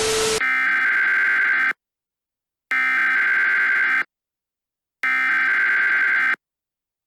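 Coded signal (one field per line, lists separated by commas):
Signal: Emergency Alert System (SAME) tones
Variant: header bursts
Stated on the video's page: Fictional EAS scenario, a requested series finale.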